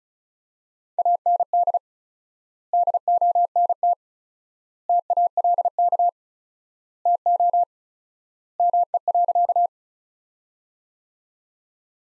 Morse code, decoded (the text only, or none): AND DONT TALK TO ME.